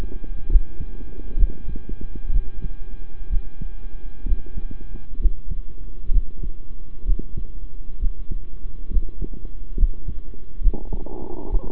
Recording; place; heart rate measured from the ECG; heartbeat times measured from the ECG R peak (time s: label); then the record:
heart sounds by stethoscope; between the tricuspid and mitral areas; 65 bpm
0.49 s: heartbeat
1.37 s: heartbeat
2.32 s: heartbeat
3.29 s: heartbeat
4.25 s: heartbeat
5.19 s: heartbeat
6.11 s: heartbeat
7.05 s: heartbeat
7.99 s: heartbeat
8.90 s: heartbeat
9.76 s: heartbeat
10.61 s: heartbeat
11.50 s: heartbeat
From the record:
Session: rest, sitting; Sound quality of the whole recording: good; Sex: male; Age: 23 years